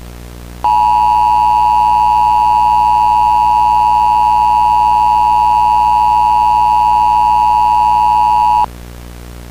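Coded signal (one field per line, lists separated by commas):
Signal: Emergency Alert System (SAME) tones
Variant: 853 and 960 Hz attention tone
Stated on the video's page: Mock required monthly test for central Missouri, with SAME headers and text-to-speech generated by software.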